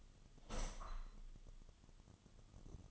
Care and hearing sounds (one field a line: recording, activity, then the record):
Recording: daily activity, microphone in the room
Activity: open window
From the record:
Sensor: 4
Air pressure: 1005.5 hPa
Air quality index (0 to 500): 93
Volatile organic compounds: 2 ppm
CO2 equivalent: 1146 ppm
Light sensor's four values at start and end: 13/29/11/11 and 13/29/11/11